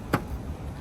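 A CCS charging handle from a DC fast charger is pushed into the open charge port of an electric car. One sharp click sounds at 0.1 s against a low background hum, and the connector is confirmed seated with a good connection.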